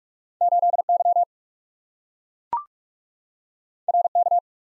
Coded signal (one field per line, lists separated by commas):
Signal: Morse code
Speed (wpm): 44 wpm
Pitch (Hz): 700 Hz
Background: none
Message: 8Y RK